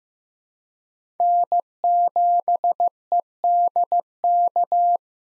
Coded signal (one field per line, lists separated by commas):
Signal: Morse code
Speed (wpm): 15 wpm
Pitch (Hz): 700 Hz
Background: none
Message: N7EDK